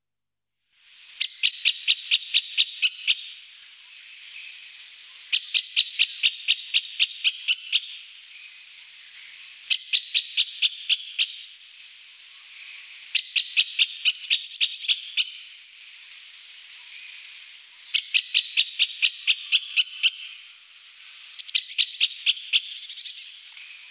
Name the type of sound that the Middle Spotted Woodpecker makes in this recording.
song